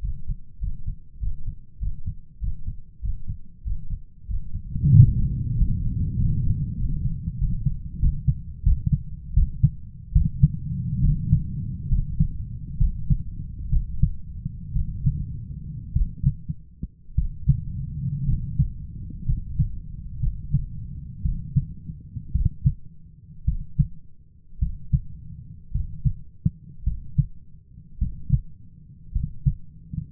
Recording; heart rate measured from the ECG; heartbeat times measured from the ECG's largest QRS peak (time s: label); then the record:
heart sounds by stethoscope; 69 bpm
0.59 s: heartbeat
1.19 s: heartbeat
1.79 s: heartbeat
2.39 s: heartbeat
3.01 s: heartbeat
3.63 s: heartbeat
4.27 s: heartbeat
4.90 s: heartbeat
5.54 s: heartbeat
6.16 s: heartbeat
6.77 s: heartbeat
7.38 s: heartbeat
7.99 s: heartbeat
8.63 s: heartbeat
9.34 s: heartbeat
10.12 s: heartbeat
11.01 s: heartbeat
11.88 s: heartbeat
12.77 s: heartbeat
13.69 s: heartbeat
14.73 s: heartbeat
15.93 s: heartbeat
17.15 s: heartbeat
18.26 s: heartbeat
19.25 s: heartbeat
20.20 s: heartbeat
21.22 s: heartbeat
22.32 s: heartbeat
23.45 s: heartbeat
24.59 s: heartbeat
25.72 s: heartbeat
26.84 s: heartbeat
27.99 s: heartbeat
29.13 s: heartbeat
From the record:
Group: healthy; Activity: Valsalva maneuver 0-4 s, rest 4-30 s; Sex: male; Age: 23 years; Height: 178 cm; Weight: 96.6 kg